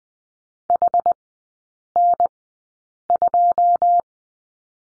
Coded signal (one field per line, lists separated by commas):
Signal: Morse code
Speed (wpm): 20 wpm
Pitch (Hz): 700 Hz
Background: none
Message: HN2